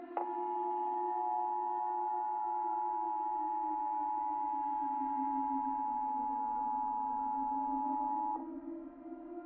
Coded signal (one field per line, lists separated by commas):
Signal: Emergency Alert System (SAME) tones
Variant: 853 and 960 Hz attention tone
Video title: EAS Scenario/Analog Horror - FLUX